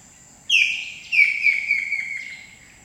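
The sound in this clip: Blue-breasted kingfisher giving two loud, high whistled notes, each sliding down and breaking into a short stuttering trill, over a faint steady hiss.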